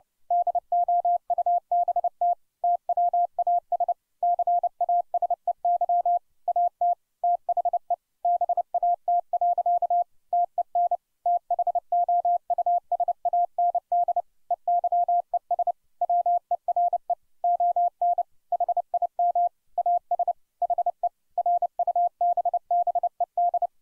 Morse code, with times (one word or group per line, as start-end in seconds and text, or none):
0.3-2.3 DOUBT
2.6-3.9 TWAS
4.2-6.2 CASEY
6.5-6.9 AT
7.2-7.9 THE
8.2-10.0 BAT.
10.3-11.0 TEN
11.3-14.2 THOUSAND
14.5-15.7 EYES
16.0-17.1 WERE
17.4-18.2 ON
18.5-19.5 HIM
19.8-20.3 AS
20.6-21.1 HE
21.4-23.7 RUBBED